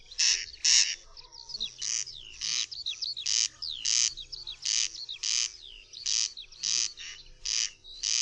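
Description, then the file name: Corn crake calling with a steady run of dry, buzzy rasps, slightly uneven in timing, while a songbird's sweeping whistles sound in the background. "derkacz"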